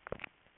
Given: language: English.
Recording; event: throat vibration sensor signal played as sound; swallow